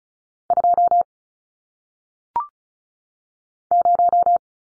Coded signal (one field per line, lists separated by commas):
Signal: Morse code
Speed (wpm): 35 wpm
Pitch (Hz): 700 Hz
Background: none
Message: 2 0